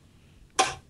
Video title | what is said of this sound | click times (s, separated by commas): TWiT Live Specials 174: The XBox One Teardown | that just pops right in and pops right off. | 0.6 s